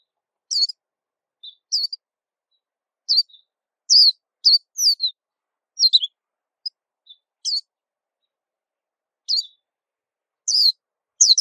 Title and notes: Kicau Burung Pleci ampuh. suara burung pleci merdu panjan